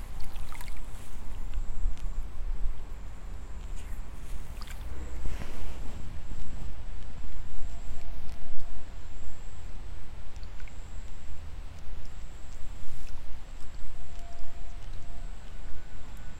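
Rice seedlings are being pulled in a paddy in the evening, with soft watery swishes and rustles over a steady low rumble. A louder splash comes around five to six seconds. High insects chirp in short, regular bursts throughout the background.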